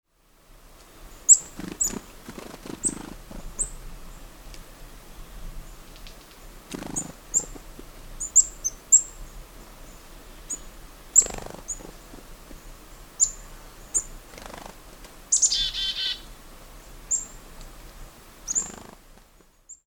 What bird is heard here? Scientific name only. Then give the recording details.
Poecile atricapillus. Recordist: Frommolt, Karl-Heinz. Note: Fluggeräusche und Rufe